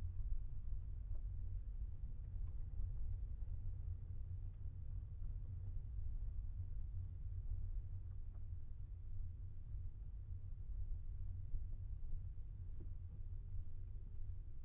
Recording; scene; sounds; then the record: everyday scene through a hearing-aid microphone; in a vehicle; engine, rumble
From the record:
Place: Skoda Fabia, gasoline engine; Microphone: behind the ear, left, rear